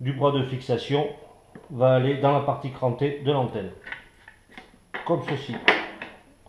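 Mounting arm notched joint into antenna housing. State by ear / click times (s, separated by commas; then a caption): not seated / none. Someone talks while the notched end of the plastic mounting arm is lined up and pushed toward the matching notched part of an ANTOP AT414BC5 TV antenna. Brief handling knocks come around 3.9, 4.3, 4.6 and 6.0 seconds. The clip ends before the arm goes home, so nothing has seated yet.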